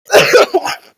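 A short, harsh adult cough in two quick bursts within about a second, the first stronger and longer, the second shorter with a rough, throat-clearing quality. No wheeze or stridor.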